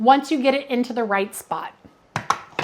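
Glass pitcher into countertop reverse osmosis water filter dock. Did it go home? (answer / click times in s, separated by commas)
yes / 2.3 s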